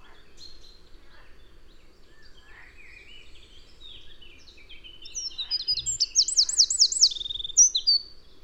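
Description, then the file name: Eurasian wren song, loud and high, with fast looping trills and a rattle near the end, after quieter, softer notes at first. "Troglodytes troglodytes"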